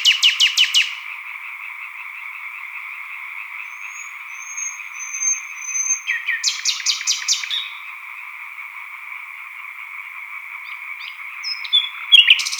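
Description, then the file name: Chorus of European tree frogs, rapid rattling croaks without pause, with a bird's loud repeated trills at the start, middle and end and thin whistles between. Chorus of green tree frogs with a nightingale singing solo, recorded at Sattenay, title dated 140418. "solo-de-rossignol-choeur-de-rainettes-vertes-foulques-Sattenay-140418"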